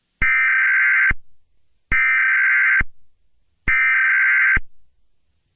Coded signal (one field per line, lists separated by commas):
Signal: Emergency Alert System (SAME) tones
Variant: header bursts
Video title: EAS Scenario #23: Mickey Error II The Next Chapter